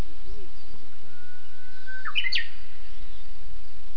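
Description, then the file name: Japanese bush warbler song: a long, faint level whistled note, then a quick higher flourish, heard once over a steady low rumble. "Uguisu"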